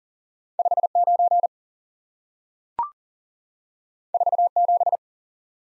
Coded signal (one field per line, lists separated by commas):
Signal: Morse code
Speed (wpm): 38 wpm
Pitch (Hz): 700 Hz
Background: none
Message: 59 47